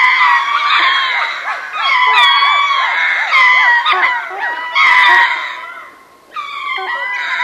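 Ring-tailed lemurs give loud, wavering, harmonic wails in overlapping bouts, with short arched yelps underneath and brief pauses between bouts.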